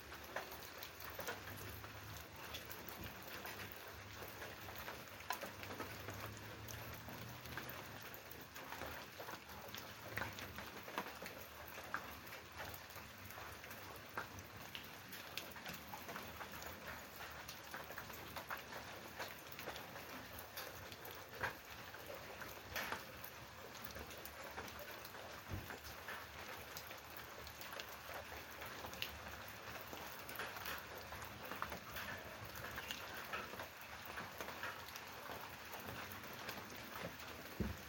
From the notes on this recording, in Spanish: sonido de la lluvia en el campo